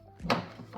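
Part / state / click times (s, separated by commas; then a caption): cargo camera plug into harness connector / seated / 0.3 s. A cargo camera plug is pushed into its harness connector while installing a digital rearview mirror relocation kit on a 2024+ Toyota Tacoma. A firm click sounds at 0.3 s, followed by a much softer tick at 0.8 s. The connector is seated.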